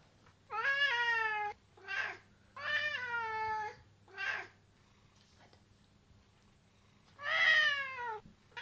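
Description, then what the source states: Domestic cat meowing: five drawn-out, slightly falling meows of varying length, some short and clipped, others long and whining, separated by brief pauses over a faint low hum. Male cat (tomcat).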